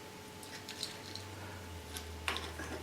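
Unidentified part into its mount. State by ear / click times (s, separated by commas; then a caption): seated / 2.3 s. During a repair, a part is pushed into its mount over a steady low hum, with a few small taps along the way. A sharp click at 2.3 s marks the part locking into place.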